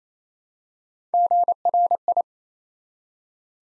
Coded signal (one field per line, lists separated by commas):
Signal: Morse code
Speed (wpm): 27 wpm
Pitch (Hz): 700 Hz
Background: none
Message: GRI